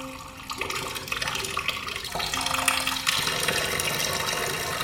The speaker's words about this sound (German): Wieso kommt so viel Wasser? Das Becken ist erst halb voll und es sind 23 Grad.